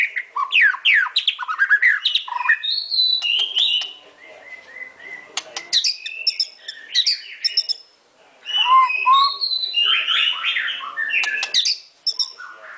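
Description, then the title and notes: White-rumped shama song: descending whistled sweeps, then chattering phrases and clicks, a short quieter gap, and another burst of rich song. Training song (masteran). "Murai Batu Album 01. Masteran Murai Batu"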